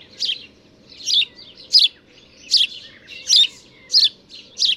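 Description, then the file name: House sparrow giving several loud chirps at uneven intervals, with softer chirps between. "Passer domesticus"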